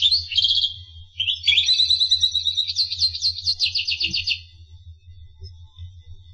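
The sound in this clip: Finch song: a chattering phrase leads into rapid repeated trilled notes, while a low hum continues throughout.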